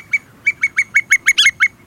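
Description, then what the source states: Bar-tailed Godwit calls, a quick series of about nine sharp, clipped notes at steady pitch, the eighth doubled, over a quiet background. Young begin life in northern Alaska, migrate alone after their parents leave, and meet them on wintering grounds 6,800 miles away in New Zealand.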